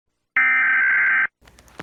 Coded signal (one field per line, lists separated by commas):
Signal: Emergency Alert System (SAME) tones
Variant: header bursts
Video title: Rating eas alarms from different countries